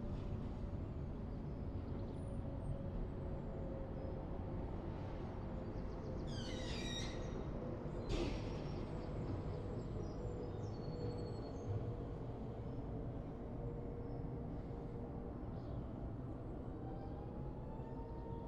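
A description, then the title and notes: A steady low rumble of traffic and an engine fills a suburban street in spring, dense and unbroken throughout. Around seven to eight seconds a run of high, bright clattering squeaks cuts through, and a few thin whines and birdlike chirps sit faintly above the drone. Springtime residential soundscape from the suburbs of South London during the first lockdown. The recording presents the entire refuse collection sequence from the point of audition of my bedroom.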